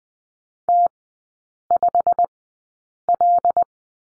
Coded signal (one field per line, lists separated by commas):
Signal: Morse code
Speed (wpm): 20 wpm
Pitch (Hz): 700 Hz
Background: none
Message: T5L